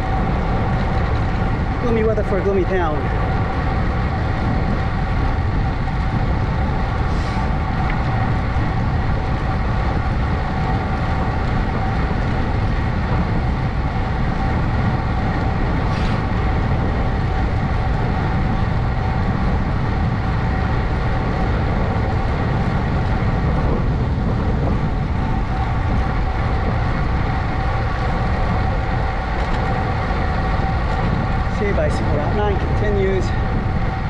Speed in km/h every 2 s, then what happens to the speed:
27, 27, 29, 27, 27, 27, 27, 27, 29, 29, 29, 29, 29, 29, 27, 27, 27.
0-34 steady at about 27.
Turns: none.